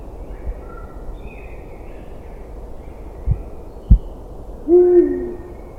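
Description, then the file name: Eurasian eagle-owl hoot: a single deep, short tonal note late, heard over steady low background rumble with a couple of faint knocks before it. "uhu"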